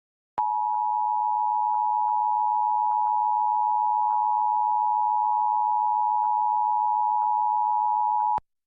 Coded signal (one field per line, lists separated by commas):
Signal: Emergency Alert System (SAME) tones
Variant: 853 and 960 Hz attention tone